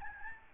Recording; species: mosquito wingbeat signal from an infrared sensor; Aedes albopictus